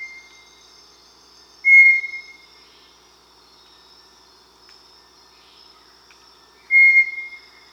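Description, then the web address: Bartlett's Tinamou giving two pure whistled notes about five seconds apart, each fading away, over faint background hiss. South America. "S America Bartlett's Tinamou (Crypturellus"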